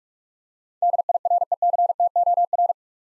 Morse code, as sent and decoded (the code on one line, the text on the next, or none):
-.. .. .-. . -.-. - --- .-.
DIRECTOR